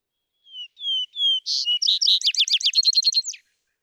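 Vesper sparrow song: three sweet whistles leading into buzzy phrases and a long fast trill.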